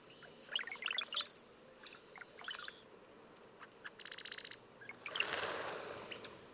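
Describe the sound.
Brown-headed cowbird gurgling song ending in a high thin whistle, followed by a short buzzy trill and a burst of rushing noise.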